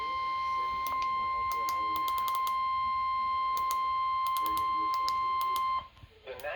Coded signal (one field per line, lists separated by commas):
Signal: Emergency Alert System (SAME) tones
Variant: 1050 Hz attention tone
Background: speech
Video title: EAS alerts from June 6-8 2025